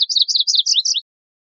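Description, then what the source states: MacGillivray's warbler song, a quick run of many high notes lasting about a second. Recorded 16 June 2004.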